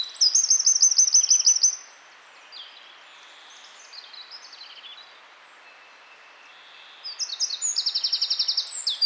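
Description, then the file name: Eurasian wren: a rapid shrill trill, a pause with faint high notes, then another vigorous high-pitched trilled phrase closing the segment. "Troglodytes troglodytes"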